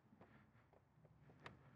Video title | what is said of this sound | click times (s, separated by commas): Ride and Review of the 2023 BMW R18 B | so you just make sure it clicks down. | 1.5 s